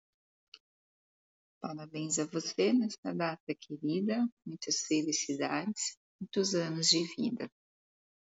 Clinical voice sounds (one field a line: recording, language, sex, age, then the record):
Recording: short text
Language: Brazilian Portuguese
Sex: female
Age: 30 to 39 years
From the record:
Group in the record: control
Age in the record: 35 years